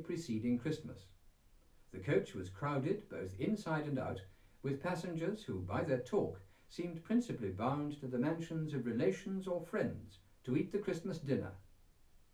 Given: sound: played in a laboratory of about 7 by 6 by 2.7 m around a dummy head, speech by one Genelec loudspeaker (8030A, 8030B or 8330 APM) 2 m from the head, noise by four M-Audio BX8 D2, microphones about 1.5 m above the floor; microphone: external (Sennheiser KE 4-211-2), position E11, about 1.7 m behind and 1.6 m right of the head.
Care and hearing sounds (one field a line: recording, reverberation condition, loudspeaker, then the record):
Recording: male speech in English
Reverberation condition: low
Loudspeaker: 90 degrees to the left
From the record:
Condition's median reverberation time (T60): about 310 ms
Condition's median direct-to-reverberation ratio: about 3.5 dB